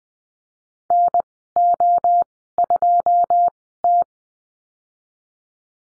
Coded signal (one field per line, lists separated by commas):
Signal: Morse code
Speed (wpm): 19 wpm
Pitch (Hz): 700 Hz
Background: none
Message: NO2T